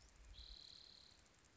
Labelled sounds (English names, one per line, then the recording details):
Spotted Towhee
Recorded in Sonoma County, California